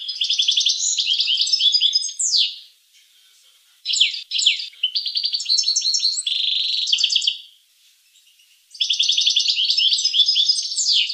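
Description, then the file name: Finch song in three bursts: rapid high trills and chattering twitters with short quiet gaps between the phrases. "sing finch"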